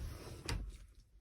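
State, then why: Seated. An engagement lever working in its detent mechanism on a truck gives a single sharp click at 0.5 s over a low rumbling background. The lever seats fully tight in its engaged position.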